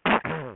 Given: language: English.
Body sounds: throat vibration sensor signal played as sound; throat clearing

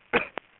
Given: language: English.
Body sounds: throat vibration sensor signal played as sound; cough

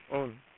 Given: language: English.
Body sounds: throat vibration sensor signal played as sound; speech

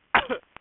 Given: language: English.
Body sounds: throat vibration sensor signal played as sound; cough

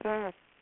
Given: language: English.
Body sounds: throat vibration sensor signal played as sound; speech

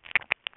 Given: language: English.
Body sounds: throat vibration sensor signal played as sound; swallow

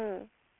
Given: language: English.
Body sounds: throat vibration sensor signal played as sound; speech

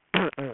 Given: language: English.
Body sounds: throat vibration sensor signal played as sound; throat clearing

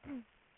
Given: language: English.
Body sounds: throat vibration sensor signal played as sound; throat clearing

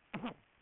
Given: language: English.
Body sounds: throat vibration sensor signal played as sound; throat clearing

